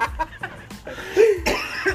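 Short bursts of laughter mixed with a single harsh cough from an adult man in a small room.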